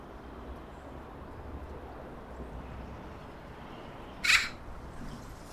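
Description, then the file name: Eurasian magpie giving a single harsh, rasping chack near the end, over a steady low rumble of background noise. "Pica pica"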